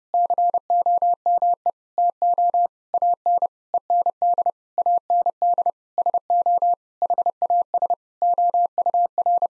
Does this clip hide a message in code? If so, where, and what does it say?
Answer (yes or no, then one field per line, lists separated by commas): yes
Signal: Morse code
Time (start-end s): 0.1-9.5 s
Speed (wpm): 30 wpm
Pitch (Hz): 700 Hz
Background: none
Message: COME TO AN END AND SO HAS OUR